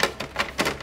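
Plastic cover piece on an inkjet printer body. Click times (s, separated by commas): 0.2 s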